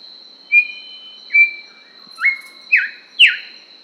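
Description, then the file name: Grey Whistler with two drawn-out level whistles, then three quick emphatic slurred notes, against a continuous thin high hum. Papua New Guinea. "Pach Simp"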